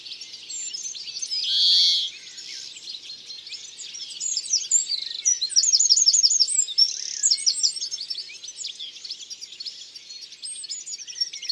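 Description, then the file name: European greenfinch song with a loud wheezy buzz early on, then a busy jumble of chirps and quick trills. "Verdier-d Europe-ABC-des-chants-doiseaux"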